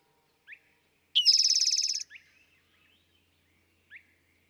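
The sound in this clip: Eastern towhee song, a short introductory note then a rapid rattling trill, with a few brief soft notes before and afterward.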